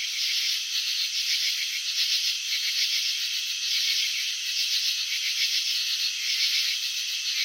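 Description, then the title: Cricket chirping as a dense, rasping pulsed trill in bursts, steady and continuous throughout with no other clear sounds. Crickets chirping, filmed with slow-motion technology showing wing vibrations and antenna movements. "Crickets in Slow Motion. Capturing the Elegance of Chirping"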